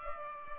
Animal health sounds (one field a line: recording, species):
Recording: mosquito wingbeat signal from an infrared sensor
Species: Culex pipiens